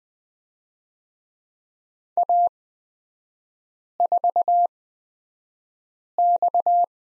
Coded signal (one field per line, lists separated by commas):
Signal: Morse code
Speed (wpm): 20 wpm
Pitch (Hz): 700 Hz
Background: none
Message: A4X